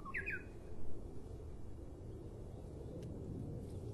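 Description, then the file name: Japanese bush warbler, a short low whistle then a fast twisting flourish at the start, followed by soft steady background noise. Recorded in 2012. "uguisu 2012"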